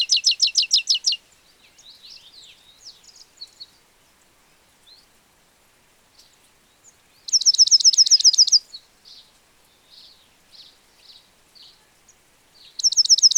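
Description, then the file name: European goldfinch delivering short, rapid trilled call bursts a few seconds apart, with soft scattered chirps in between. "Carduelis carduelis"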